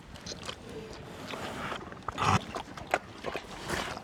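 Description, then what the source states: Pigs feeding, with continuous crunching and munching clicks, a few brief louder squeals or grunts midway, and dense rustling noise throughout. Herd of pigs eating.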